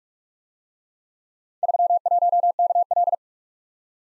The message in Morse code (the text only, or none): 31KL